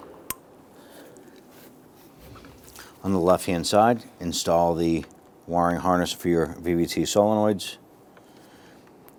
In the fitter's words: press those on you can hear them clicking into place